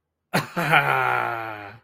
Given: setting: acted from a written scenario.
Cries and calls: vocal sound without words; triumph

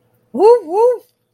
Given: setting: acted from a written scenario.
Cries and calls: vocal sound without words; triumph

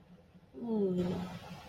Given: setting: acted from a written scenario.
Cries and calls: vocal sound without words; embarrassment

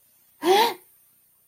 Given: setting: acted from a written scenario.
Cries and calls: vocal sound without words; fear

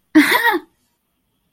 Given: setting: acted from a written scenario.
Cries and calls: vocal sound without words; triumph

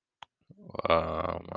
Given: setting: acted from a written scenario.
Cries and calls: vocal sound without words; guilt

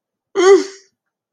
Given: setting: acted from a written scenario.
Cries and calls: vocal sound without words; distress

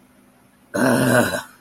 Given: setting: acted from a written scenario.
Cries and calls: vocal sound without words; anger

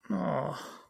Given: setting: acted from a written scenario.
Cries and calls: vocal sound without words; disappointment

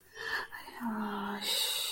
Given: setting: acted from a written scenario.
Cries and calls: vocal sound without words; guilt

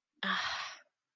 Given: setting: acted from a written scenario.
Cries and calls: vocal sound without words; desire

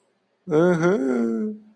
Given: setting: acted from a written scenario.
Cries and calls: vocal sound without words; sympathy

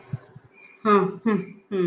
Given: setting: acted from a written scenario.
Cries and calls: vocal sound without words; romantic love

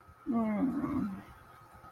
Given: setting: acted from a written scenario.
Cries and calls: vocal sound without words; shame

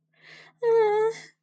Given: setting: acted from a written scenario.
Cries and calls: vocal sound without words; fear

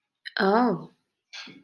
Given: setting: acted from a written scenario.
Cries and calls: vocal sound without words; interest

